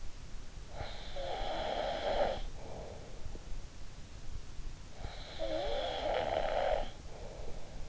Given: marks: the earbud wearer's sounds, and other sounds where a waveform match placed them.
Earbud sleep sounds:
sounds in sleep by an in-ear microphone; snoring breath
0.64-3.44 s: snoring breath
4.90-7.89 s: snoring breath

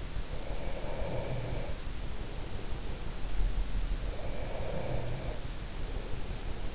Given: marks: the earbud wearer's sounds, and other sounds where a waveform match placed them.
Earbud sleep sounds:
sounds in sleep by an in-ear microphone; breath
0.03-2.49 s: breath
4.17-6.75 s: breath

